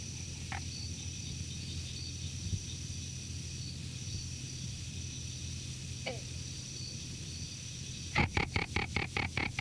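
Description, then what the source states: Bog frog calls: two isolated single notes, then a quick run of several pulsed notes near the end, over a steady low hum and hiss. Species discovered in 1982; very restricted to the western Florida panhandle, not found outside Florida; an occasional bronze frog calls in the background.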